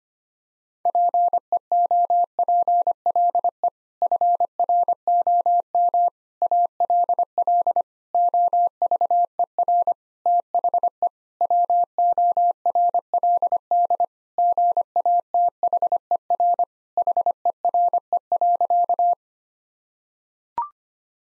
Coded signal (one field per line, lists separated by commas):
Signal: Morse code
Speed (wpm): 25 wpm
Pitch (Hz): 700 Hz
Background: none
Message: PEOPLE FROM ALL OVER THE WORLD GATHER HERE.